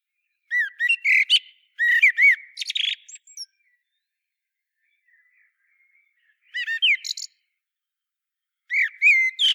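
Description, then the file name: Common blackbird with two early bursts of squeaky chattering notes, a quiet stretch, then two more short bursts. "Turdus merula"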